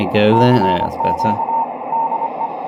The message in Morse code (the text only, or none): CQ DE